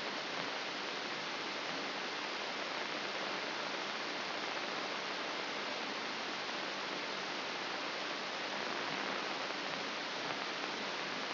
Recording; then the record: brain microelectrode recording played as sound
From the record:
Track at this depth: inside the subthalamic nucleus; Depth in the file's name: 2.704 mm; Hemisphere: left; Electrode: 3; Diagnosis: Parkinson's disease